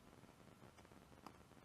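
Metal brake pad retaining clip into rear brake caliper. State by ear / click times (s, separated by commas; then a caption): not seated / none. A small metal brake pad retaining clip is handled at the rear brake caliper while the rear brake pads are being refitted on an Opel Meriva A. A low, steady noise runs throughout, with one brief, sharp tick at about 1.3 s. Nothing has seated or clicked into place yet.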